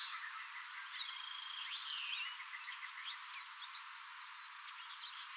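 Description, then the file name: Thick-billed kingbird calling, sweeping and drawn-out whistled notes amid many short overlapping chirps. Recorded in Arizona on 16 May 2001. "TBKI 1 deviche"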